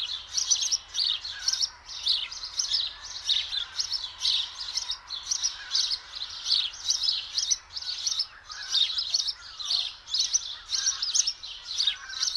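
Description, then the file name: House sparrow chirping, a dense continuous stream of harsh, bright chirps with several birds overlapping throughout. "Passer domesticus"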